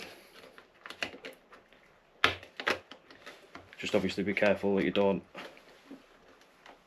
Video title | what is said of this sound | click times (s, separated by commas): KTM 1290 Super adventure S front end rebuild - Headlight removal | which should just click into place | 2.2 s